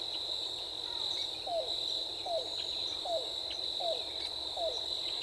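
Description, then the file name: Yellow-billed cuckoo giving five low, hollow, down-slurred notes at an even pace of nearly one a second, with a constant shrill insect buzz behind. Recorded 14 April 2018. "2018-04-14 YBCU"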